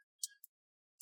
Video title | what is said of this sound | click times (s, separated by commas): How to Replace the Battery in an HP 15gw0031 Laptop 📌HW03XL Battery | and then we just going to rotate and you're going to hear those big click sounds that's what you want to hear you want to hear those big click sounds | 0.2 s, 0.4 s, 1.0 s